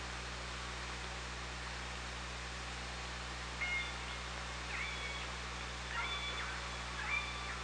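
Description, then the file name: Orca calls: a few short tonal squeals come about a second apart in the second half over steady low hum and hiss. Recorded on 24 August 2017. "Orca Lab"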